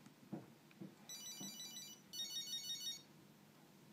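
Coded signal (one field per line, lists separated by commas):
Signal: none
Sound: phone ringtone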